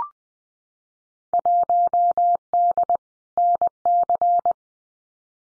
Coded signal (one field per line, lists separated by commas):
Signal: Morse code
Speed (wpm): 19 wpm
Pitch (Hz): 700 Hz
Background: none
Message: 1D NC